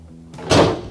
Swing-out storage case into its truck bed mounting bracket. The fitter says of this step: When you're done, push it with a little force, it'll snap right in back in its bracket, and that's all there is to it.